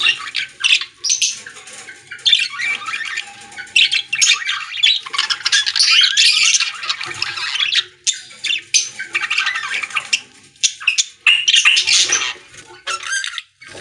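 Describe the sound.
Budgerigar chatter, dense harsh squawks and buzzy warbles running almost without pause, with chirps.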